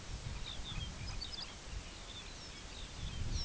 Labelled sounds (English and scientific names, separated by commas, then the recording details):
unidentified sound, Lapland Longspur (Calcarius lapponicus)
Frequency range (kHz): Lapland Longspur (Calcarius lapponicus) 1.9-7.5 kHz
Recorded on Arctic tundra, site UTQI-2, on 17 June 2019
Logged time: 14:00